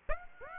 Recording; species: mosquito wingbeat signal from an infrared sensor; Aedes aegypti